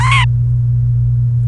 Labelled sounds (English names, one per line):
Domestic Canary song